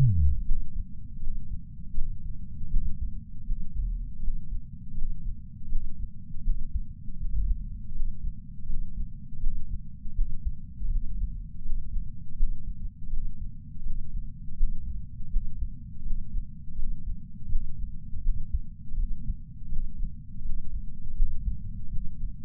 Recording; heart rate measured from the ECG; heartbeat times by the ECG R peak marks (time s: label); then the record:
heart sounds by patch sensor on the chest; 81 bpm
0.45 s: heartbeat
1.20 s: heartbeat
1.95 s: heartbeat
2.69 s: heartbeat
3.44 s: heartbeat
4.20 s: heartbeat
4.94 s: heartbeat
5.69 s: heartbeat
6.43 s: heartbeat
7.17 s: heartbeat
7.92 s: heartbeat
8.66 s: heartbeat
9.40 s: heartbeat
10.14 s: heartbeat
10.88 s: heartbeat
11.62 s: heartbeat
12.36 s: heartbeat
13.10 s: heartbeat
13.83 s: heartbeat
14.56 s: heartbeat
15.29 s: heartbeat
16.03 s: heartbeat
16.76 s: heartbeat
17.49 s: heartbeat
18.22 s: heartbeat
18.95 s: heartbeat
19.69 s: heartbeat
20.42 s: heartbeat
21.15 s: heartbeat
21.89 s: heartbeat
From the record:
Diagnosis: coronary artery disease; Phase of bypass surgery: postoperative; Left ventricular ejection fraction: 39.2%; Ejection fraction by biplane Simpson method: 34.1%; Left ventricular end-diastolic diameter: 57 mm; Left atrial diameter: 41 mm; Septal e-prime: 4.9 cm/s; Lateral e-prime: 6.9 cm/s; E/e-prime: 12.9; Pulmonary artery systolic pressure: 24 mmHg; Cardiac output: 4.6 L/min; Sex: male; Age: 72 years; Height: 170 cm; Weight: 79 kg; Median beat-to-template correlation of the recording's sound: 0.87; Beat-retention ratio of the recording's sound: 0.99